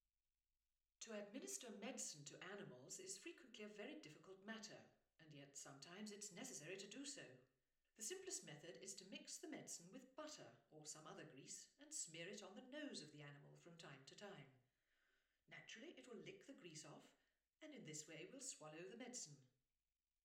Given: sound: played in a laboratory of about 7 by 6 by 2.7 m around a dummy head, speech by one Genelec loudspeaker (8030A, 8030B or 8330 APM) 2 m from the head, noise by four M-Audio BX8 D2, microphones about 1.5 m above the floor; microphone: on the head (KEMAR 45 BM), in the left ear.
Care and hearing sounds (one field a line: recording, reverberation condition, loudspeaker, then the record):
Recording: female speech in English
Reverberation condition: medium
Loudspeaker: 60 degrees to the left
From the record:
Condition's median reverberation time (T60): about 510 ms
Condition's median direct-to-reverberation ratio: about -0.5 dB